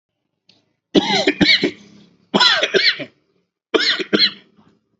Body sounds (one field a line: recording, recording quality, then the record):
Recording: heavy voluntary cough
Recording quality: excellent, no background noise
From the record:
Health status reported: healthy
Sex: male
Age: 43 years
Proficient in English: yes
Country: India